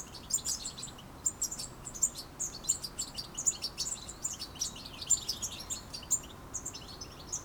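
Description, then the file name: European goldfinch calls: rapid, high, tinkling twitters and chirps running continuously throughout, over low background noise. "Carduelis carduelis"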